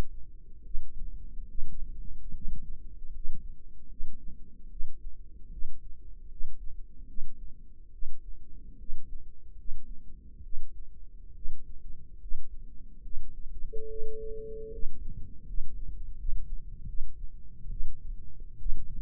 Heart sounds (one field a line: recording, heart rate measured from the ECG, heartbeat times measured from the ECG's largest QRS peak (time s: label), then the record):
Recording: heart sounds by microphone in the right ear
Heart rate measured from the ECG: 74 bpm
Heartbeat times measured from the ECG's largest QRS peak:
0.62 s: heartbeat
1.47 s: heartbeat
2.33 s: heartbeat
3.12 s: heartbeat
3.88 s: heartbeat
4.69 s: heartbeat
5.50 s: heartbeat
6.29 s: heartbeat
7.06 s: heartbeat
7.91 s: heartbeat
8.77 s: heartbeat
9.56 s: heartbeat
10.42 s: heartbeat
11.34 s: heartbeat
12.19 s: heartbeat
13.02 s: heartbeat
13.88 s: heartbeat
14.70 s: heartbeat
15.45 s: heartbeat
16.16 s: heartbeat
16.86 s: heartbeat
17.69 s: heartbeat
18.58 s: heartbeat
From the record:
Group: healthy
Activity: rest 0-15 s, breath hold 15-19 s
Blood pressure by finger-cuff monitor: 95/64 mmHg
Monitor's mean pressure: 71 mmHg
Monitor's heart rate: 73 bpm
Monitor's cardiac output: 5.6 L/min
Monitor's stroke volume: 77 mL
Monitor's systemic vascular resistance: 920 dyn s/cm5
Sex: female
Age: 22 years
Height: 163 cm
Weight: 67.1 kg